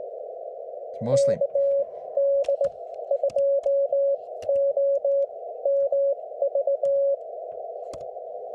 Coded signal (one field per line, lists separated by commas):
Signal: Morse code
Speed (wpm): 17 wpm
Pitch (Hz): 590 Hz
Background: speech, radio noise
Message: KD2OMV